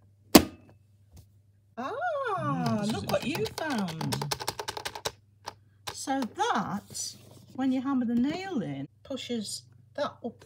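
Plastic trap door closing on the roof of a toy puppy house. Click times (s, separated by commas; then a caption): 0.3 s. A plastic trap door on the roof of a Moose Toys Little Live Pets My Puppy's Home is closed until it clicks into place, with a loud, sharp thunk at 0.4 s. After a short pause, someone talks for the rest of the clip, with a few small ticks in between. The trap door is seated.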